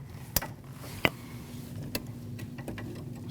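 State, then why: Seated. A rear fuel line quick-connect coupling on a 2014–2023 Jeep Cherokee is pushed onto its fuel fitting until it latches, giving a sharp click at 0.4 s. Further sharp clicks follow at 1.1 and 2.0 s, then fainter ticks near 2.4, 2.7 and 2.8 s over a low background hum. The quick-connect is seated.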